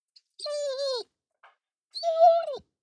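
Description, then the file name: Dog whining twice, two drawn-out tonal whimpers, the second rising slightly before sliding down, separated by a brief quiet gap with a faint rustle. "dog whine"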